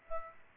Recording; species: mosquito wingbeat signal from an infrared sensor; Aedes aegypti